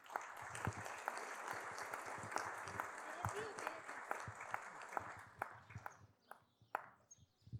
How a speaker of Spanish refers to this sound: Los compañeros pues vienen de Temaca, una lucha que aquí en toda la región todo mundo sabemos, ahora sí que todas las dificultades que han enfrentado, ellos están en contra de la presa del Zapotillo en Jalisco. Un aplauso para ellos.